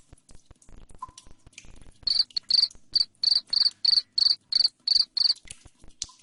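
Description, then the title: Cricket, shrill repeated chirps roughly three per second for several seconds after a quiet start with soft clicking. Loud cricket chirping said to make lovebirds sing continuously. "Suara JANGKRIK NGERIK Keras Bikin LOVEBIRD Jadi NGEKEK Terus Vubey"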